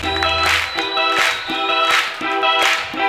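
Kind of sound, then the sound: crowd, crowd clapping hands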